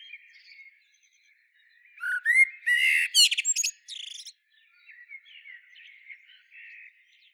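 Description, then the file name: Common blackbird singing one phrase: a short fluty rising note, then a loud burst of squeaky, scratchy high twittering, with faint chirps from other birds before and after. "Turdus merula"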